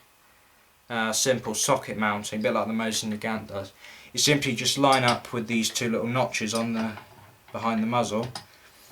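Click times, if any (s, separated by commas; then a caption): none. A socket bayonet is lined up with the two small notches behind the muzzle of a deactivated Lee-Enfield No4 rifle, ready to be squeezed on so its steel catch button locks. Someone talks through most of the clip, and the bayonet has not seated or clicked yet.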